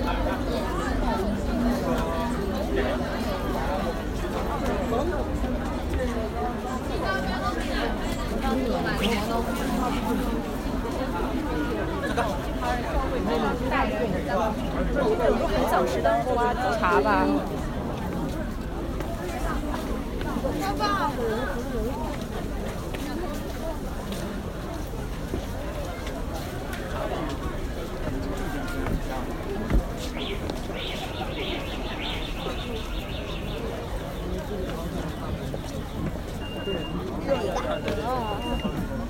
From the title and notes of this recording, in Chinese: 声音来自南锣鼓巷。南锣鼓巷是一条胡同，位于北京中轴线东侧的交道口地区。